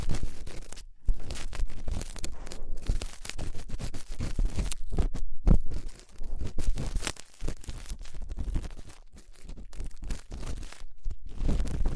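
Ear cleaning, made up of dense scratchy, crinkling rubs and crackles that come in quick irregular bursts. The sound is full and rough, with heavy low thumps, and it breaks off into brief silent gaps near 1, 5.5 and 11 seconds.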